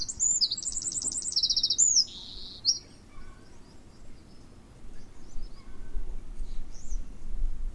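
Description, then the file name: Eurasian wren song: a loud burst of high trills and rapid notes in the first three seconds, followed by faint scattered chirps and low background hum. "Troglodytes troglodytes"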